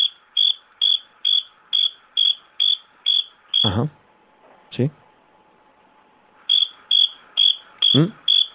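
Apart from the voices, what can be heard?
cricket chirping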